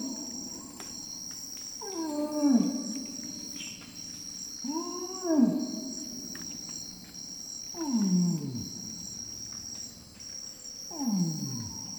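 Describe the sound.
Orangutan long call: four loud groaning pulses, each rising then sliding sharply down in pitch, spaced roughly three seconds apart, with constant high-pitched insect buzzing behind.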